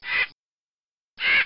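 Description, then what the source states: Crow giving two harsh, hoarse caws about one second apart, with silence between them. Sound effect sample from a 1996 collection.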